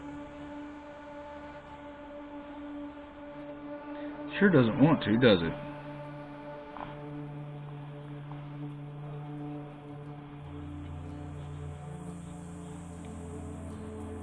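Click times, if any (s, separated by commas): none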